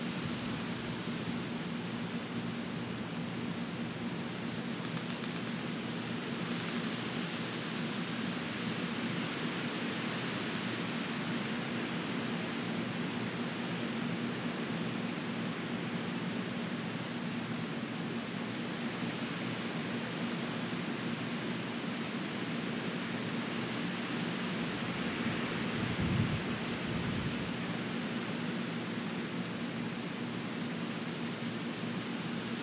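Wind rushes through the trees in a steady, dense hiss that stays level for the whole stretch. A low hum runs underneath throughout. Around the 26-second mark a brief, slightly stronger swell rises and then settles back.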